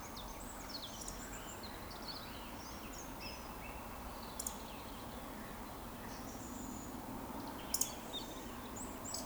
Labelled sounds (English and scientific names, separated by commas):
Eurasian Woodcock (Scolopax rusticola)